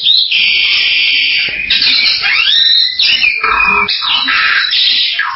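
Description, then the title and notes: Bali myna song of harsh drawn-out rasps and arching whistled sweeps, loud and nearly unbroken. "Jalak Bali 2. Kicau Burung Jalak"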